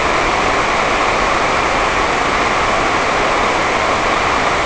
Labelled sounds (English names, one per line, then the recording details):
none
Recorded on Arctic tundra, site NAIT-1, on 28 June 2018
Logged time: 11:00